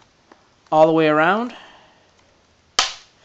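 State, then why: Seated. A replacement plastic back cover is pressed onto the edge of a Toshiba Thrive tablet body, edge by edge, until its clips engage. Someone talks briefly, then a sharp snap is heard at 2.8 s. The cover snaps into place and is seated.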